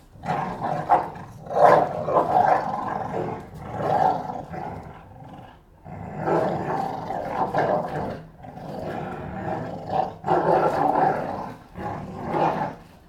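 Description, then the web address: Pit bull fight sounds, harsh snarls and growls in repeated loud bursts with brief pauses between them. Two pit bulls named Tessa and Bahko recorded fighting. "NS Studios - ultra sound collection animals dogs - Pit bull Tessa Pit bull Bahko fight"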